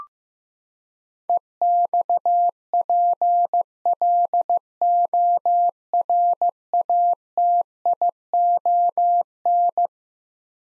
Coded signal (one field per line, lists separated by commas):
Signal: Morse code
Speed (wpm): 15 wpm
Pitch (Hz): 700 Hz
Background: none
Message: EXPLORATION